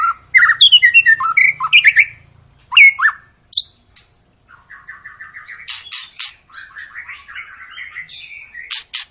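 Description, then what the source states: White-rumped shama singing a fast rolling phrase of bubbling whistles, a sharp note, then a softer quick series of trilled and warbled notes. Long lure recording of actively singing white-rumped shama, played to make other birds sing.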